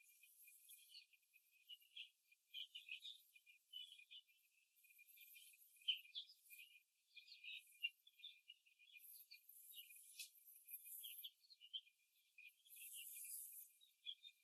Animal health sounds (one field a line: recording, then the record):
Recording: young laying hens in a cage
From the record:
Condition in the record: after the stressor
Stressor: simulated dog barking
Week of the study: 2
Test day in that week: 2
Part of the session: 1